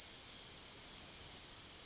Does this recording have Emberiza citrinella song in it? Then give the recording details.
yes. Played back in forest. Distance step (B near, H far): C. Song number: 012